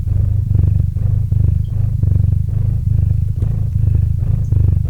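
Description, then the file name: Domestic cat purring, strong low rumble in steady in-and-out pulses. Cat named Murchik purring into a microphone. "Kot Murchik - Murchanie kota kot murchal v mikrofon"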